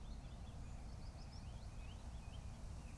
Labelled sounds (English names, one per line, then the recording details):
Song Thrush
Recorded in Germany
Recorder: ecoPi